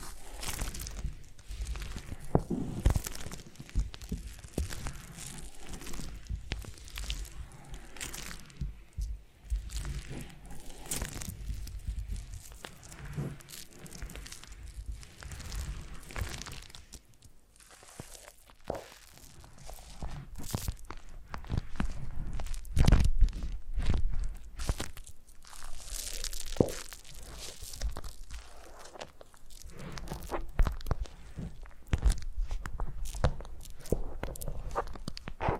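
Foam massage: a continuous run of soft rubbing, squeaking and crunchy crinkling strokes, dense and irregular throughout. Brief bright clicks and scrapes keep popping up, with a slightly quieter, sparser stretch around seventeen to nineteen seconds before the rubbing picks up again.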